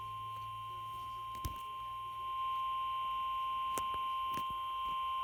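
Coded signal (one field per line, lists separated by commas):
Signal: Emergency Alert System (SAME) tones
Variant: 1050 Hz attention tone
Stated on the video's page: Severe Thunderstorm Warning received on NOAA Weather Radio station WXL40.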